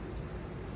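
A 0.9-second clip of steady low-frequency rumble and broadband noise with no distinct knocks, recorded while the second side of the patio gate on a 2020 Forest River XLR Boost 21QBS toy hauler travel trailer is being handled to fit its side peg into the mount on the ramp door. Nothing has seated or clicked yet.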